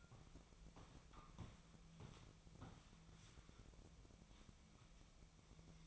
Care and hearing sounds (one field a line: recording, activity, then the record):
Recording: daily activity, microphone in the room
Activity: walk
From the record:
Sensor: 1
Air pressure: 1012.2 hPa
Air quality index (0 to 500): 178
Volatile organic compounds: 3 ppm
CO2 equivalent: 1465 ppm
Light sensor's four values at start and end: 49/132/54/67 and 47/129/52/65